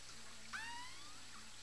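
Whale call: one short tonal cry with harmonics that starts abruptly and glides slowly upward for about half a second, over a steady low hum and faint hiss.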